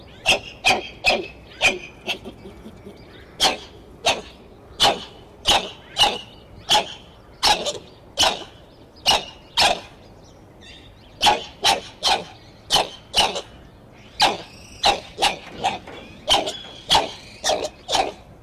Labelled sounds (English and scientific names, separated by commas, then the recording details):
Black-handed Spider Monkey (Ateles geoffroyi)
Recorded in captivity
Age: adult
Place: Tierpark Berlin, Berlin, DE
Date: 1976-11-20 10:00
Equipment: Uher 4200 Report Stereo, Sennheiser MD 421 HL, Verstärker
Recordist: Tembrock, Günter